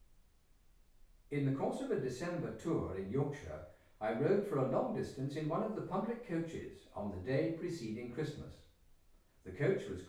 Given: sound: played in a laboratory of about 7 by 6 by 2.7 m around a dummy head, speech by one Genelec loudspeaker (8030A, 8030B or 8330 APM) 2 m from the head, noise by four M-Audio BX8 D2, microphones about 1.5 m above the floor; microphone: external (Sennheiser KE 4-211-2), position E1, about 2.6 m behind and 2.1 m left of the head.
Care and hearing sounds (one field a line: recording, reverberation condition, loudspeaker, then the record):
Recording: male speech in English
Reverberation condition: medium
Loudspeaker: 120 degrees to the right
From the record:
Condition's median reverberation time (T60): about 510 ms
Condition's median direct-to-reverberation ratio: about -0.5 dB